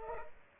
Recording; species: mosquito wingbeat signal from an infrared sensor; Culex pipiens